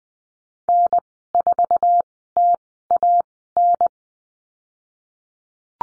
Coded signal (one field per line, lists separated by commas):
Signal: Morse code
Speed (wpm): 20 wpm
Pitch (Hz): 700 Hz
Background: none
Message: N4TAN